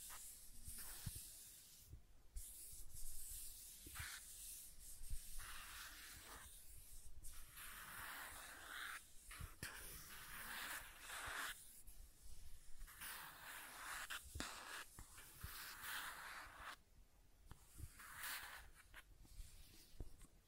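Scratching and tracing on a surface, heard as rough, hissy strokes that come in bursts of a second or two with brief gaps between them. The strokes repeat irregularly across the whole clip, some brighter and harsher, with occasional small clicks and taps.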